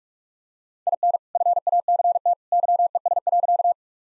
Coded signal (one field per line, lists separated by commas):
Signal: Morse code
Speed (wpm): 46 wpm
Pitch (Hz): 700 Hz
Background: none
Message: IN FACT YES.